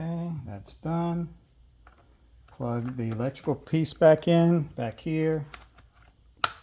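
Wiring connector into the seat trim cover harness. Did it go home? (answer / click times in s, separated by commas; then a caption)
yes / 6.4 s. Someone talks while the electrical connector on a Genesis sedan's front seat trim cover is plugged back into its plastic mating connector in the seat harness. A single sharp, loud click comes at 6.4 s as the connector seats.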